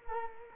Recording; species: mosquito wingbeat signal from an infrared sensor; Culex quinquefasciatus